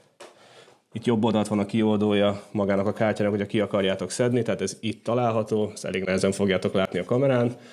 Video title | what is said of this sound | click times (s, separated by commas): 0-ról működő PC-ig - Olcsó Vinted PC - A teljes első évad | if you are not sure about what you are doing, ask someone else to do it, but this is actually just two clicks, the trigger for | 0.2 s